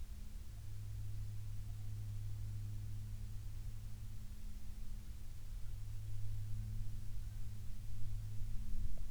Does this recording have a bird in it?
yes